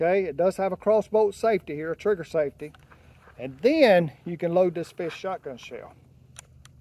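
Someone talks while handling a 12 gauge shotgun shell at the loading port of an LKCI Model S12 ST 12 gauge semi-auto shotgun, about to load it into the magazine tube. Near the end, after the talking stops, two faint, brief ticks come at about 6.4 and 6.7 seconds. The shell has not yet seated or clicked past the shell latch.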